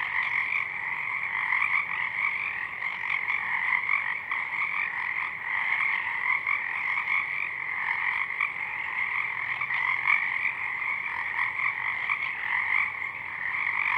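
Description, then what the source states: Pacific chorus frogs, many raspy croaks merging into a sustained chorus that never pauses. Chorus of many frogs at dusk, already out in full bloom; downmixed to stereo from a double mid-side recording; frogs highlighted in a separate parabolic track are heard mainly in the left channel.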